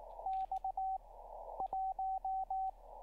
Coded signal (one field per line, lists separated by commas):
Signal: Morse code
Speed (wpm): 18 wpm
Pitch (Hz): 760 Hz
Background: radio noise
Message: X 1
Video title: How To Learn Morse Code LIVE with N0SSC (Day 25)